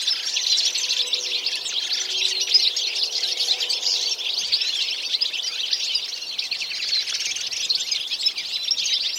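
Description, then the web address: Birds chirping in a dense, unbroken chorus of many overlapping high twitters and short notes, steady throughout with no pauses. "Deverinetal"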